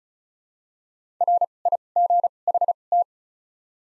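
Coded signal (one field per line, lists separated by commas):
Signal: Morse code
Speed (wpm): 36 wpm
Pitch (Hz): 700 Hz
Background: none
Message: R I G H T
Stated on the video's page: Morse practice set at 35 wpm using Top 200 words with 2x character spacing (Farnsworth-style timing).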